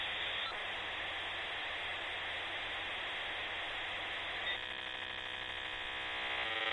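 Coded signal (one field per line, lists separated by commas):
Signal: dial-up modem handshake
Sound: steady harsh telephone-band hiss, then a rhythmic buzzing warble near the end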